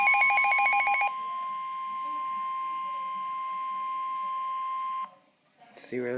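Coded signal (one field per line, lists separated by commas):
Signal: Emergency Alert System (SAME) tones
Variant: 1050 Hz attention tone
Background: speech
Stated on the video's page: Tornado warning from a NOAA weather radio broadcast.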